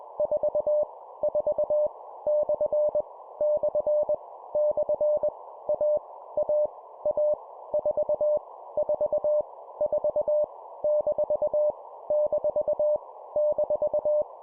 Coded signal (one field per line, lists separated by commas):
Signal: Morse code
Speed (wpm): 21 wpm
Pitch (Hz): 600 Hz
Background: none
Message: 4 4 / / / A A A 4 4 4 - - -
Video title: 20wpm Repeat three times Random Letter Number Punctuation, cw morse code practice